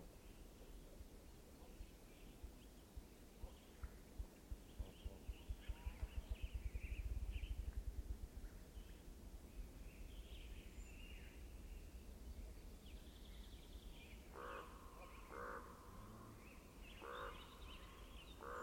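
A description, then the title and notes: Two ravens move about near a shoreline at dawn. A rapid series of soft beats swells around seven seconds, like wings passing, and from fourteen seconds the ravens give several hoarse, ringing croaks. Small birds chirp brightly throughout over a steady low rumble. There is a tucked-away lake in a secluded little valley in a wildlife refuge in Northeast Washington where every sound rings through like bells in winter. Recording shoreside at dawn when a pair of Ravens made their way in and around. Croaks, awks, uh-ohs, and ooks and their giant wing flaps.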